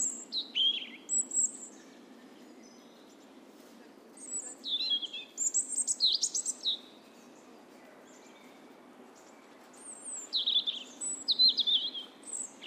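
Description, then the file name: European robin song: thin, high-pitched warbling phrases with quick up-and-down notes, delivered in three separate bursts with quiet gaps between them. "Erithacus rubecula"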